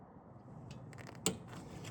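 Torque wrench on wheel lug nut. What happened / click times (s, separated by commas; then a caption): The torque wrench broke over at its setting / 1.3 s. A torque wrench is pulled slowly on a wheel lug nut, making a few faint ratchety ticks from about 0.9 to 1.2 seconds. It then breaks over with one sharp click at 1.3 seconds, confirming the nut reached its torque setting.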